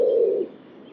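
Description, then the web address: Bird giving the fading end of a single low, hollow coo, then quiet. "cianscape birddata Deverinetal 2025 Bird Only"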